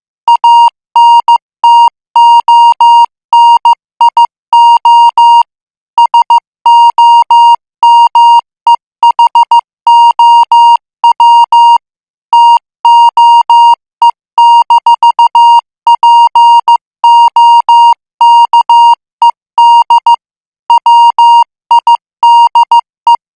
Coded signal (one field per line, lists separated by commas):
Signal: Morse code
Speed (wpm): 15 wpm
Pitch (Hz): 940 Hz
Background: music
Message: ANTONIO SOMEHOW TOE-POKED WIDE